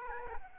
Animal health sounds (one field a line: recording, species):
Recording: mosquito wingbeat signal from an infrared sensor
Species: Aedes aegypti